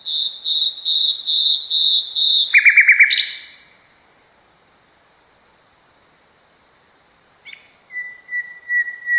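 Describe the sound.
Nightingale song opening with evenly spaced high whistled notes, a short buzzy rattle, a pause of silence, then clear level whistles resume.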